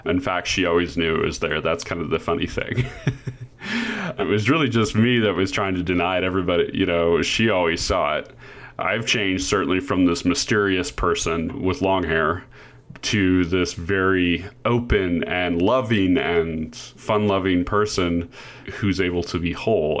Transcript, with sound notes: In fact, she always knew it was there. That's the funny thing. [chuckles] It was really just me that was trying to deny it. She always saw it. I've changed, certainly, from this mysterious person with long hair to this very open, and loving, and fun-loving person who's able to be whole.